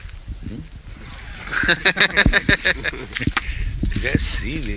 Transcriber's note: laughter